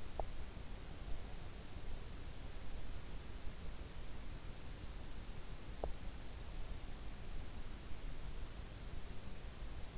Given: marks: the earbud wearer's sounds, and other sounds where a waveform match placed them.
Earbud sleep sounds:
sounds in sleep by an in-ear microphone; teeth grinding
0.00-0.49 s: teeth grinding
5.69-6.14 s: teeth grinding

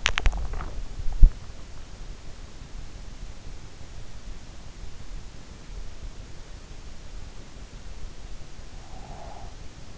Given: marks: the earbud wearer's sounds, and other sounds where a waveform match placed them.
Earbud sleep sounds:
sounds in sleep by an in-ear microphone; swallowing, breath
0.00-1.35 s: swallowing
8.88-9.68 s: breath

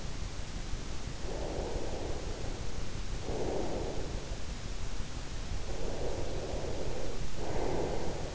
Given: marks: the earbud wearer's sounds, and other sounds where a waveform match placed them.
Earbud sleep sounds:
sounds in sleep by an in-ear microphone; breath
1.42-4.39 s: breath
5.63-8.35 s: breath

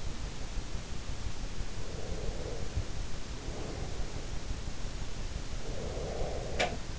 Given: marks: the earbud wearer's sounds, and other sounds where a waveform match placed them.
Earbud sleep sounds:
sounds in sleep by an in-ear microphone; breath
1.80-4.03 s: breath
5.60-6.97 s: breath
6.60-6.97 s: sound from someone else or the room

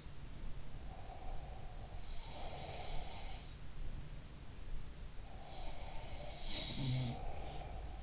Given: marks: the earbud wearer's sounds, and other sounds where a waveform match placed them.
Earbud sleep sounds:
sounds in sleep by an in-ear microphone; breath
0.82-3.42 s: breath
2.15-3.61 s: sound from someone else or the room
5.25-8.03 s: breath
6.32-7.21 s: sound from someone else or the room

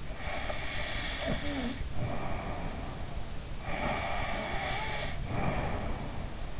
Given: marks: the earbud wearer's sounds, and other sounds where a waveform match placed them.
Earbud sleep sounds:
sounds in sleep by an in-ear microphone; snoring breath
0.10-3.38 s: snoring breath
3.59-6.60 s: snoring breath

